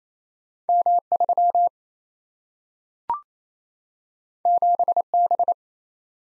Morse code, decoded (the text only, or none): M3 7B